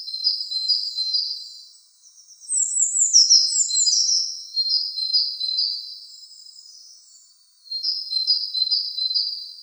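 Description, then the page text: Tit twittering: busy, high-pitched chirping runs with some fast trilled notes, broken by two brief pauses. "Звуки синицы"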